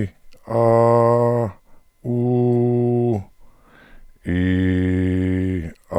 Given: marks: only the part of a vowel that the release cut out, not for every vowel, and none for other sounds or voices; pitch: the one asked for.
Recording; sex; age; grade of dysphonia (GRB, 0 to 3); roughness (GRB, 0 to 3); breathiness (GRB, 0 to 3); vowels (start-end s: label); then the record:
sustained vowels; male; 60 to 69 years; 0; 0; 0
0.59-1.38 s: vowel /a/, high pitch
2.12-3.10 s: vowel /u/, high pitch
4.35-5.51 s: vowel /i/, low pitch
From the record:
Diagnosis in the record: contact pachydermia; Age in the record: 64 years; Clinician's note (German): Kontaktpachydermie